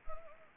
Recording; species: mosquito wingbeat signal from an infrared sensor; Anopheles arabiensis